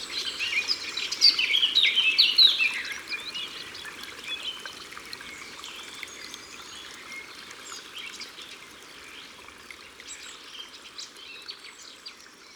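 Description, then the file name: Eurasian blackcap song: a loud, hurried warble in the first three seconds, then only faint scattered notes fading under a steady background hiss. Recorded by the water. "Fauvette a tete noire Au bord de leau"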